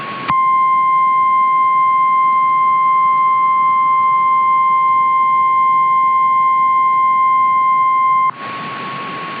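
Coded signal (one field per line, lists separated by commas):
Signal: Emergency Alert System (SAME) tones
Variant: 1050 Hz attention tone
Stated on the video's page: Fictional EAS scenario alert, not a real broadcast.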